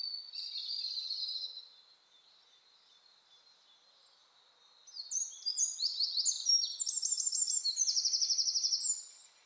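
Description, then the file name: Eurasian wren song: a brief high trill, a pause, then a rapid burst of very high, sharp notes ending in a fast buzzy trill. "Troglodytes troglodytes"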